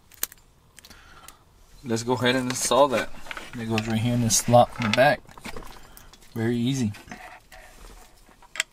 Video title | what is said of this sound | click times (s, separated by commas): HOW TO INSTALL ANDROID 10.1 STEREO ON 2014-2018 CHEVY SILVERADO | the little click | 8.6 s